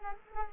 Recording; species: mosquito wingbeat signal from an infrared sensor; Culex quinquefasciatus